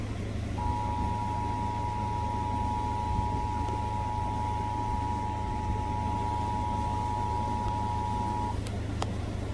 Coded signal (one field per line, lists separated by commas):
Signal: Emergency Alert System (SAME) tones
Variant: 853 and 960 Hz attention tone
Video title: Emergency Alert System (EAS) Interpret SpongeBob SpongeBob 10/22/2021